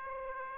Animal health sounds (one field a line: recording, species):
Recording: mosquito wingbeat signal from an infrared sensor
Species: Aedes aegypti